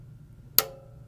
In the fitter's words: and then you're going to listen for the click